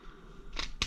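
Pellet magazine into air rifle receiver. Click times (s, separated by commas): 0.8 s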